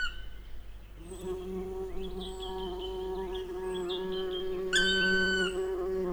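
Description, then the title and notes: Bumblebee flight drone, a steady low hum with rich overtones running through most, while small birds chirp and one loud call cuts in. Bumblebee passing by during a well-advanced morning chorus, 1 June 2020, Piste aux espagnols; recorded with Nagra LB and omni MKH 8020. "Piste aux espagnols. le passage d&#39;un bourdon"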